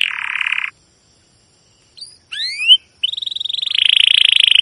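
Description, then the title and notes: Domestic canary giving a buzzy roll, a pause, a few rising swept notes, then a long, steady buzzing trill that grows louder. Long continuous chirping and rolling canary song, used as a lure to stimulate and tutor other canaries, including young birds learning sounds. "CUIT CUIT NGEROL LANGSUNG GACOR PANJANG Kenari Ini AMPUH Utk Pancingan KENAR. PANCINGAN Kenari GACOR PANJANG Cuit CUIT EMOSI ini AMPUH utk MASTERAN Kenari PAUD belajar BUNYI. burung kenari"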